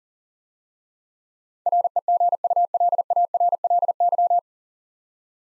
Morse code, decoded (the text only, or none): REGULARLY